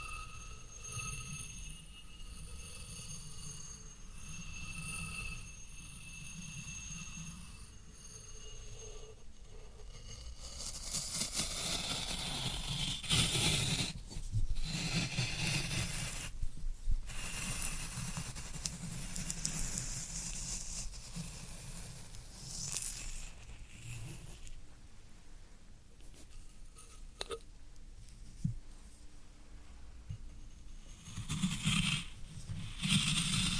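Floral foam being handled: the first ten seconds hold only a low, steady hum with faint whine. Then comes crunching and scraping, dense and uneven, with sharp crackling bursts around 13, 16, 27 and 33 seconds over a rumbling low end.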